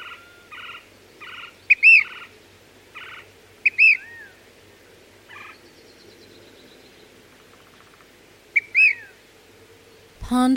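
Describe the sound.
Brown-crested flycatcher calls: sharp, bright whistled notes with rich overtones, alternating with short rough buzzy notes repeated in runs, over a soft background of chatter.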